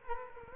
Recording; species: mosquito wingbeat signal from an infrared sensor; Culex quinquefasciatus